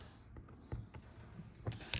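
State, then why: Not seated. Someone presses a reworked reproduction window switch clip for a 1964–66 Thunderbird into its switch housing, trying to push it home. Only soft mechanical taps and scrapes are heard, at about 0.7, 1.7 and 1.9 s, against a quiet background. Nothing has clicked or seated, and the part does not lock.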